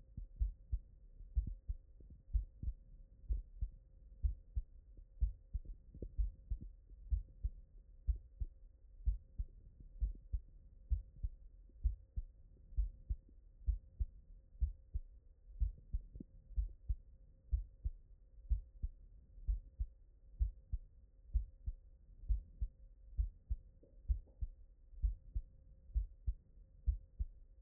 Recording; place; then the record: heart sounds by stethoscope; mitral valve (MV)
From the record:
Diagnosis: non-HFrEF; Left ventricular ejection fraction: 68%